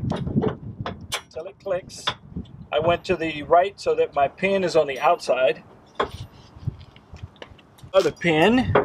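A spring-loaded retaining pin is pushed into a tow bar receiver and turned to one side until it locks, giving a sharp click at 0.9 s. Someone talks over further metallic clicks and a loud knock near 6.0 s. The pin is seated in its locked position.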